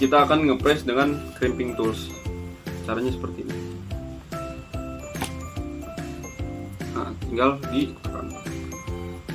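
An RJ45 plug is handled on a UTP network cable and set in a crimping tool, with background music and someone talking, plus a few short clinks. Nothing has seated or clicked yet; the clip ends before the tool gives its click.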